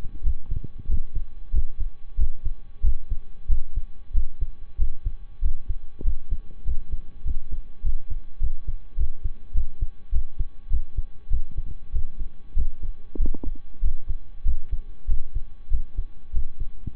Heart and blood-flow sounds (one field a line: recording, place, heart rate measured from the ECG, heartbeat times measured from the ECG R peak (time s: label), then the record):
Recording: heart sounds by stethoscope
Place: between the tricuspid and mitral areas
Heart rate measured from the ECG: 97 bpm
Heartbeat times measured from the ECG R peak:
0.21 s: heartbeat
0.85 s: heartbeat
1.50 s: heartbeat
2.15 s: heartbeat
2.80 s: heartbeat
3.46 s: heartbeat
4.11 s: heartbeat
4.75 s: heartbeat
5.39 s: heartbeat
6.01 s: heartbeat
6.62 s: heartbeat
7.22 s: heartbeat
7.80 s: heartbeat
8.37 s: heartbeat
8.94 s: heartbeat
9.51 s: heartbeat
10.09 s: heartbeat
10.67 s: heartbeat
11.27 s: heartbeat
11.90 s: heartbeat
12.53 s: heartbeat
13.16 s: heartbeat
13.79 s: heartbeat
14.42 s: heartbeat
15.05 s: heartbeat
15.68 s: heartbeat
16.30 s: heartbeat
16.92 s: heartbeat
From the record:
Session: slow and fast walking with breaks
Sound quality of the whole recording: saturated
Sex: male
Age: 25 years